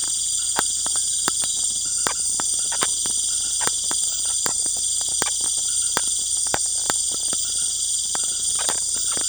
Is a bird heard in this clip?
no